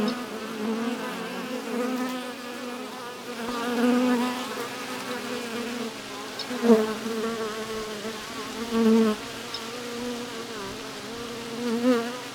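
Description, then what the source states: Bees humming as a continuous layered drone that swells louder every few seconds. Bees in a hive in a tree, recorded with wind.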